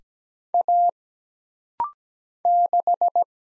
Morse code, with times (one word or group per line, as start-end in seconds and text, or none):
0.5-0.9 A
2.5-3.2 6